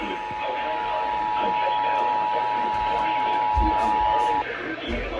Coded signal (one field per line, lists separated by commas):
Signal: Emergency Alert System (SAME) tones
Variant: 853 and 960 Hz attention tone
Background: speech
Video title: BIG TIME KWO35... EAS Alerts from 7/22-23/20 (EAS 3151-3228)